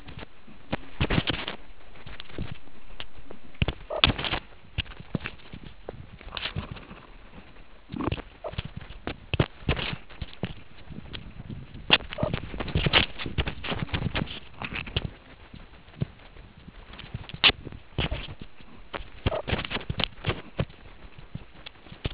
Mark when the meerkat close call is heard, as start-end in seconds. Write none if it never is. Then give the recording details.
3.90-4.00, 8.44-8.50, 12.17-12.30, 19.31-19.41. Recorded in the Kuruman River Reserve, South Africa. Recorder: an audio tag on a meerkat's collar